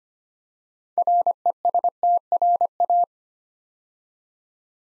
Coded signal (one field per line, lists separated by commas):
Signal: Morse code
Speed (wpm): 25 wpm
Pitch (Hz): 700 Hz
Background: none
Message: RESTRA